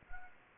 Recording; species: mosquito wingbeat signal from an infrared sensor; Anopheles gambiae